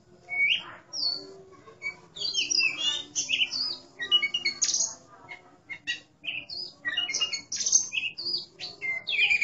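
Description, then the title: Oriental magpie-robin song, a steady stream of varied high whistles, twittering notes and short harsh chatters, with some phrases sliding up and down. "Kacer"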